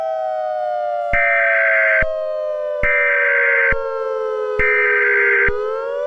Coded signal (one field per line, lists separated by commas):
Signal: Emergency Alert System (SAME) tones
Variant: header bursts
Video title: Eas Scenario: The Dog! (part 2)